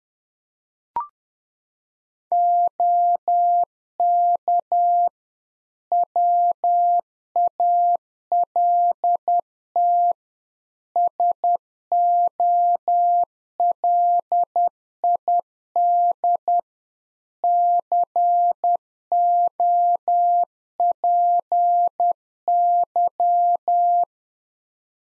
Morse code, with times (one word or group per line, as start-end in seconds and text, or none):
2.3-5.1 OK
5.9-10.1 WALT
11.0-16.6 SOLID
17.4-24.0 COPY